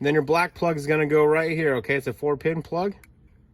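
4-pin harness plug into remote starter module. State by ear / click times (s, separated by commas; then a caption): not seated / none. A black 4-pin wiring harness plug is handled near a remote starter module during a 2013 Ford Fusion remote car starter install, while someone talks throughout. No click is heard, and the plug has not seated in the module yet.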